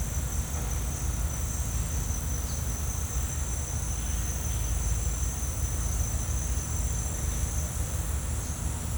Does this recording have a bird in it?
no